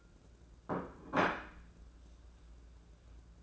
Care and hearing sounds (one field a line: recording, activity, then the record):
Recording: daily activity, microphone in the room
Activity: place plate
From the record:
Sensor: 2